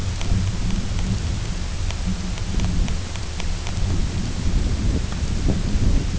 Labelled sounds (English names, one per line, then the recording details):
none
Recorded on Arctic tundra, site UTQI-0, on 20 June 2018
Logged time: 14:00